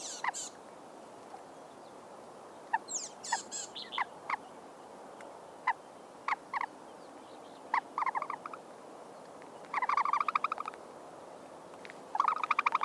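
Bird calls: scattered short sharp chirps, some in quick clusters, with two brief buzzy trilled bursts near the end over a steady background hiss.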